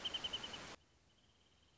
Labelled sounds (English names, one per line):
Wrentit